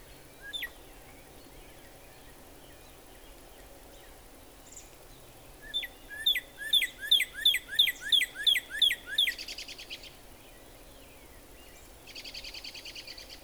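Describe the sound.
Northern cardinal song: a faint short note, then a quick, even series of about nine sharp slurred whistles.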